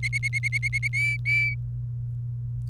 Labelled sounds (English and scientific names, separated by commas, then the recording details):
Domestic Canary (Serinus canaria) song
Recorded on 28 April 2018 at 06:22
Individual llb3